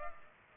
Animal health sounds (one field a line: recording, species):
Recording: mosquito wingbeat signal from an infrared sensor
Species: Culex pipiens